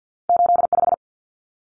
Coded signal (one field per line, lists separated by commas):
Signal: Morse code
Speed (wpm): 50 wpm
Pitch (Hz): 700 Hz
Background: none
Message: 85